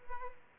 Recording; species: mosquito wingbeat signal from an infrared sensor; Aedes albopictus